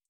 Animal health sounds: hydrophone in a shrimp aquaculture tank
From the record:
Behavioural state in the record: feeding

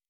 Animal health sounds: hydrophone in a shrimp aquaculture tank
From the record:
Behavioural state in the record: normal

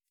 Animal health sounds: hydrophone in a shrimp aquaculture tank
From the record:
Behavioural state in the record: feeding

